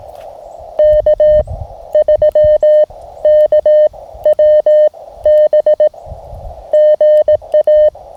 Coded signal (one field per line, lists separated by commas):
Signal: Morse code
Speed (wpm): 18 wpm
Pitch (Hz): 3050 Hz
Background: none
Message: K3KWB GA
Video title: October Portable Field Radio Kit Challenge POTA CW Morse Code Ham Radio Steve Weber MTR practice